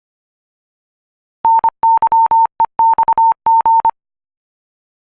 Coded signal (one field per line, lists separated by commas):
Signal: Morse code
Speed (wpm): 25 wpm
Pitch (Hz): 910 Hz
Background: none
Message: NYEXG